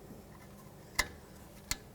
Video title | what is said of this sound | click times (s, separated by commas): How to Replace Rear Wheel Bearing 2009-2015 Toyota Prius | make sure it clicks and then don't forget about that little cover for the wire | 1.0 s, 1.7 s